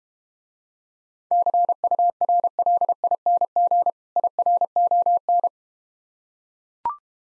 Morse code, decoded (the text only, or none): CURLING IRON